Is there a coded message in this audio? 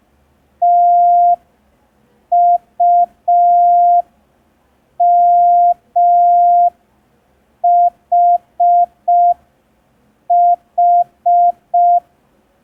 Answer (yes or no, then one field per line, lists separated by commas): yes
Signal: Morse code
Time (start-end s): 0.6-12.0 s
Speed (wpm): 5 wpm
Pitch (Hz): 700 Hz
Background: none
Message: TUMHH